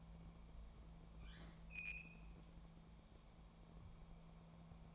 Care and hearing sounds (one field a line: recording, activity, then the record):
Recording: daily activity, microphone in the room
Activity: open fridge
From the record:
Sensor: 1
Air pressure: 1000.2 hPa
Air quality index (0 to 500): 134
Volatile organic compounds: 2 ppm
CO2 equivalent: 1268 ppm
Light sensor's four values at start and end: 36/92/38/47 and 36/91/38/47